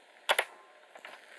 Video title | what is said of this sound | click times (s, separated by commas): Encore #23 Fortress Maximus Review | very very solid click | 0.4 s